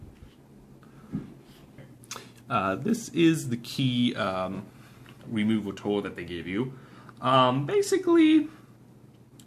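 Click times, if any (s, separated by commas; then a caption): 9.4 s. A plastic keycap removal tool from a Perixx PX-3200 gaming keyboard is pressed down over a keycap until its wire/plastic jaws snap under the cap while someone talks. A few faint knocks come early on, and the jaws click into place at 9.4 s, seating the puller on the keycap.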